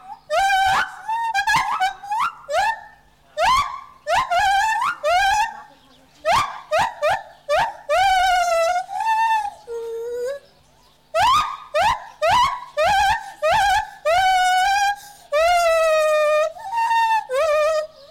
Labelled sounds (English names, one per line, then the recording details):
Lar Gibbon
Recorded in captivity
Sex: diverse
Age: diverse
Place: Tierpark Berlin, Berlin, DE
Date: 1983-01-23
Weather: bedeckt, böiger Wind, 4 °C
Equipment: Nagra SN, Sennheiser MKH 416 T (Automatik), Kopie Uher 4000 Report Monitor
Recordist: Tembrock, Günter